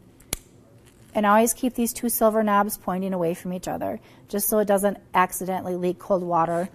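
The second quick-connect coupling on a cold therapy hose is pushed into the cold therapy pad line, after the first, reconnecting them one at a time. It gives a sharp click at 0.3 s as it seats, and then someone talks.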